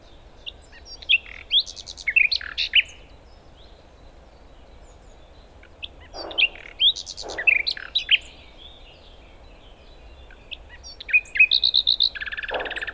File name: Luscinia megarhynchos